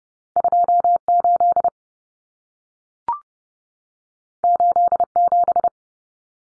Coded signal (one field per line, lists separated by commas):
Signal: Morse code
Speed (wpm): 30 wpm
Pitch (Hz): 700 Hz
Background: none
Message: 28 87